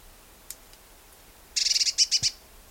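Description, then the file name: Eurasian blue tit with a quick run of about nine harsh, high chattering notes lasting under a second, after a couple of faint ticks. "Cyanistes caeruleus"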